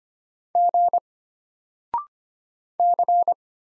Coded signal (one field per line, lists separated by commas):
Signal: Morse code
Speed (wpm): 25 wpm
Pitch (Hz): 700 Hz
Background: none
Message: G C